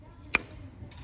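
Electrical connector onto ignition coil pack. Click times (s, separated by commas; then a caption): 0.4 s. A coil pack connector is pushed onto a new APR upgraded ignition coil pack on a B8.5 Audi S5 and seats with one sharp, bright click at 0.4 s. A faint, softer hiss follows around 0.9 s, and the connector is confirmed clicked in.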